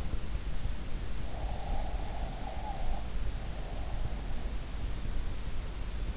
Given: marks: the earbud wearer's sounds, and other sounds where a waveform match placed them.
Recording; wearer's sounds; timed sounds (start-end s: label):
sounds in sleep by an in-ear microphone; breath
1.30-4.12 s: breath